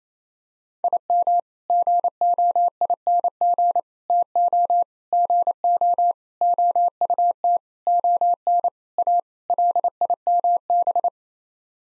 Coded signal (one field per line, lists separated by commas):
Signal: Morse code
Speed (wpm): 28 wpm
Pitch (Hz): 700 Hz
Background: none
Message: IM GOING TO GO OUT ON A LIMB